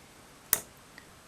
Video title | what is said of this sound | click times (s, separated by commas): How to install a wide rear foot peg on Yamaha R3 | as you can see locks in place so it doesn't move around while you're riding | 0.5 s